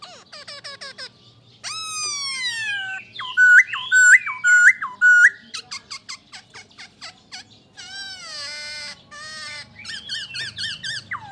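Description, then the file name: Black-throated laughingthrush song: varied mix of rapid clicks, long sliding nasal notes and a loud run of repeated looping whistles, with harsher mewing notes near the end. "Pterorhinus chinensis"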